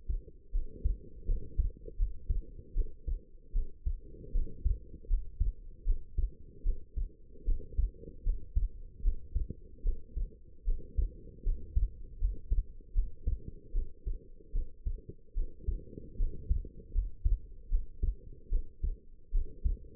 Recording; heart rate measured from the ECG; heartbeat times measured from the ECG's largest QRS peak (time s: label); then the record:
heart sounds by stethoscope; 77 bpm
0.52 s: heartbeat
1.26 s: heartbeat
1.97 s: heartbeat
2.74 s: heartbeat
3.53 s: heartbeat
4.33 s: heartbeat
5.08 s: heartbeat
5.85 s: heartbeat
6.64 s: heartbeat
7.45 s: heartbeat
8.24 s: heartbeat
9.03 s: heartbeat
9.83 s: heartbeat
10.65 s: heartbeat
11.44 s: heartbeat
12.19 s: heartbeat
12.94 s: heartbeat
13.73 s: heartbeat
14.53 s: heartbeat
15.35 s: heartbeat
16.17 s: heartbeat
16.93 s: heartbeat
17.69 s: heartbeat
18.50 s: heartbeat
19.32 s: heartbeat
From the record:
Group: healthy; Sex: female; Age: 19 years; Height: 163 cm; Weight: 51 kg